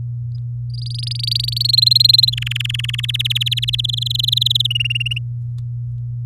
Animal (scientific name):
Serinus canaria